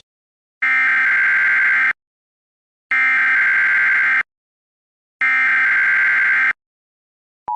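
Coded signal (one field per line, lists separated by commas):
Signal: Emergency Alert System (SAME) tones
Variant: header bursts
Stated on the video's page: Simulated EAS alert interrupting Game Show Network, made with a Mac OS X text-to-speech voice; not a real broadcast.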